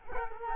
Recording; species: mosquito wingbeat signal from an infrared sensor; Culex quinquefasciatus